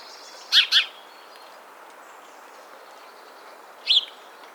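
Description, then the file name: House sparrow chirps, a quick double note followed about three seconds later by a single bright chirp, with faint hiss behind. "Passer domesticus"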